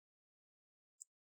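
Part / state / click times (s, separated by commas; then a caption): cable connector into board jack inside laptop / seated / 1.0 s. Inside a Dell Inspiron 7380 laptop, a cable connector is lined up straight in front of its board jack and pinched all the way in. Against silence, a single short, bright click sounds at 1.0 s, and the connector is seated.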